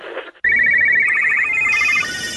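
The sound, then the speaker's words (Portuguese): A telephone rings loudly and steadily, a rapid trilling bell tone that starts abruptly after a brief muffled sound and continues without pause, with no one speaking, part of a Brazilian radio campaign spot against child sexual abuse. “Como vocês puderam ouvir, a sociedade acaba de levar uma chamada.”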